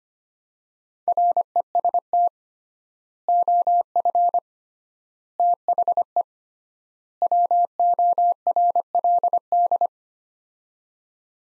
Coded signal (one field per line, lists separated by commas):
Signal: Morse code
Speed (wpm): 25 wpm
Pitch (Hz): 700 Hz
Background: none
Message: REST OF THE WORLD